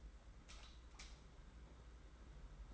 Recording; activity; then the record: daily activity, microphone in the room; light on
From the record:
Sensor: 3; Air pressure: 991.8 hPa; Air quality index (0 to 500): 220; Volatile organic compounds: 1000 ppm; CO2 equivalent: 7526 ppm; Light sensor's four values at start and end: 16/38/15/14 and 16/38/15/14